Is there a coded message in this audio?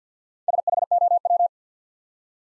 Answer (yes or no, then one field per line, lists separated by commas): yes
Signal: Morse code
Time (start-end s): 0.5-1.5 s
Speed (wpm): 50 wpm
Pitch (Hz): 700 Hz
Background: none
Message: SHOW